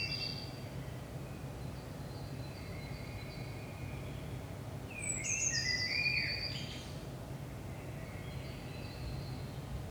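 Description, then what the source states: Common blackbird song: faint high notes, then a louder phrase mixing a high, sliding twitter with lower warbling notes, and a steady low rumble throughout. Saint-Gilles, Belgium; early morning, 5 am; recorded with DPA 4060 microphones in AB position into a Zoom F3.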